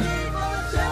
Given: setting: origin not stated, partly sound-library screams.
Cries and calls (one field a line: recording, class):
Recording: one-second piece from a danger detection set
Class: normal situation